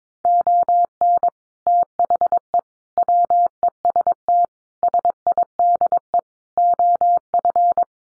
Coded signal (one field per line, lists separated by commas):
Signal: Morse code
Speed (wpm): 22 wpm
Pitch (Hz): 700 Hz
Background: none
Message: ON THE WEST SIDE OF